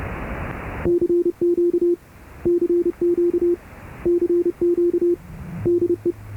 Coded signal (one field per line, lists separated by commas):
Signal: Morse code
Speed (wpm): 30 wpm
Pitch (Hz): 350 Hz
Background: none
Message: CQ CQ CQ DE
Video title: モールス信号の船舶無線（解読なし）Morse code ship's radio (no decoding)